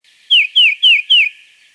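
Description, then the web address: Tufted titmouse giving four clear whistled notes, each sliding downward, in quick even succession with nothing else audible. "steve pelikan tuti"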